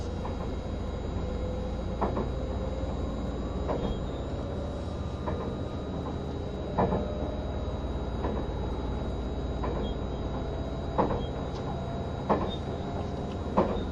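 Running noise of a vehicle, likely a train: a steady low rumble with a faint whine, and sharp clacks every one to two seconds.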